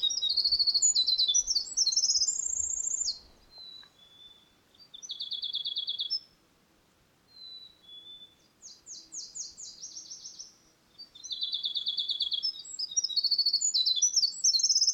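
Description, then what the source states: Winter Wren song: a long, rapid, bubbling cascade of high trills and tinkling notes in several bursts, with quieter gaps between. Singing close to the recordist as he walked by, in Bruce Peninsula National Park.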